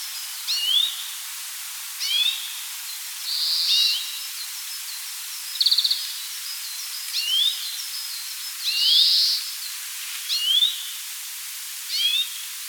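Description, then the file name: Grey-capped greenfinch, a run of rising twittered calls with interspersed harsh buzzes and one rapid stuttered note, against background hiss. "Carduelis sinica"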